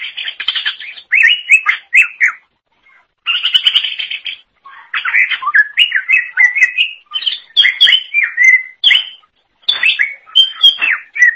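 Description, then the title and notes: Leafbird singing a near-continuous, jumbled stream of sweet whistles, chips and slurred notes, broken by brief pauses. Cucak ijo song. "Suara Kicauan Burung Cucak Ijo"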